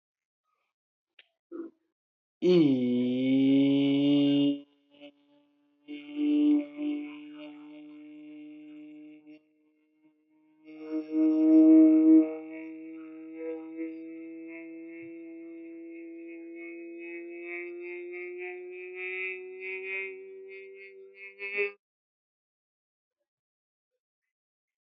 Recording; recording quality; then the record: sustained vowel as in beet; moderate, slight background noise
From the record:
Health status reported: healthy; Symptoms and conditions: none ticked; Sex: male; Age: 28 years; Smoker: not ticked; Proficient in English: yes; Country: India